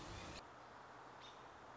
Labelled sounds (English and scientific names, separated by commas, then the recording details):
American Robin (Turdus migratorius)
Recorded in Sonoma County, California